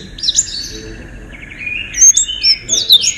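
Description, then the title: White-eye giving a few short, high, thin slurred whistles and chirps, sparse at first and then livelier near the end. "Pleci. Haji Ifa Kudus"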